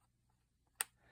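The drum magazine of an Umarex HDR50/HDR68 less-lethal marker, greased as part of a fix, is turned again. Its detent gives one sharp, bright click at 0.8 s, with faint low handling noise before and after. The detent clicks into position and is seated, with the magazine spinning properly.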